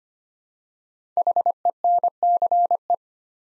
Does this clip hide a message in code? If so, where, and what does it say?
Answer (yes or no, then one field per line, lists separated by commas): yes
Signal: Morse code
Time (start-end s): 1.2-3.0 s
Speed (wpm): 25 wpm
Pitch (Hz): 700 Hz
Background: none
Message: HENCE